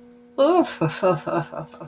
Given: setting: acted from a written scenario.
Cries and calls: vocal sound without words; contempt

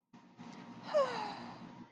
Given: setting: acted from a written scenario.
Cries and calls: vocal sound without words; romantic love

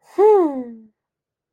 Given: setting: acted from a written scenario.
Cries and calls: vocal sound without words; pride

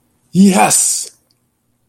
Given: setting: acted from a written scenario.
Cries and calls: vocal sound without words; elation

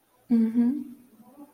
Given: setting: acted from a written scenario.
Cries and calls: vocal sound without words; sympathy

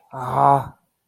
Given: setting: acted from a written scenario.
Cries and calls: vocal sound without words; anger

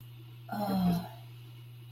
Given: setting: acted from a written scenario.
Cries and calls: vocal sound without words; desire

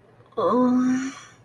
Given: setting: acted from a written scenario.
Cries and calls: vocal sound without words; embarrassment

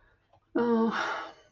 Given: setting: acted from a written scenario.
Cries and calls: vocal sound without words; serenity

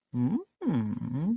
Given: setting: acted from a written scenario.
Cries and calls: vocal sound without words; romantic love

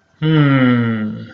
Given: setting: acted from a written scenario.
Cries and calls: vocal sound without words; confusion

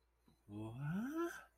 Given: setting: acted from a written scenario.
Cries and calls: vocal sound without words; confusion

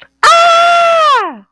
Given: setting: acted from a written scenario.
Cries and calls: vocal sound without words; fear

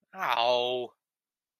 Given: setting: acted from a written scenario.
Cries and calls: vocal sound without words; embarrassment

